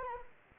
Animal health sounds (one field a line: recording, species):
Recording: mosquito wingbeat signal from an infrared sensor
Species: Anopheles arabiensis